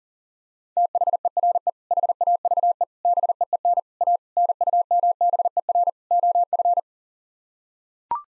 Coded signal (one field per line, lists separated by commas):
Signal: Morse code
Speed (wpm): 40 wpm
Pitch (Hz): 700 Hz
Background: none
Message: THERE HAVE BEEN A NUMBER OF